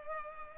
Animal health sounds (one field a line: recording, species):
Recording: mosquito wingbeat signal from an infrared sensor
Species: Culex pipiens